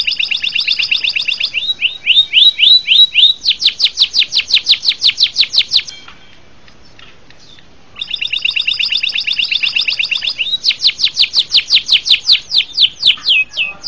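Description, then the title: Bird singing in two long bursts of rapid high chattering and downward-sweeping notes, separated by about two seconds of near silence. "LuckyKumpulan SuaraBurung"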